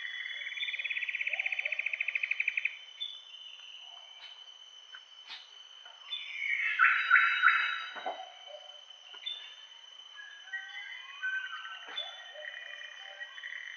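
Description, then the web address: Common paradise kingfisher giving a fast, evenly pulsed trill for about two seconds, followed by louder mixed calls, over a steady high tone throughout. Recorded in Indonesia. "ULM-DS-Lab indonesian-bird-sounds. Tanysiptera galatea"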